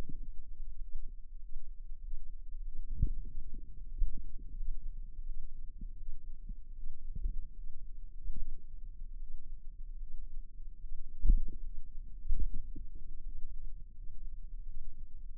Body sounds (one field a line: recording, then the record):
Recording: forearm muscle sounds (acoustic myography)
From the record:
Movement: finger pinch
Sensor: system 2, bracelet of six BSWA MPA416 microphones around the upper forearm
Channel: 4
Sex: female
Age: 23 years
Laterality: right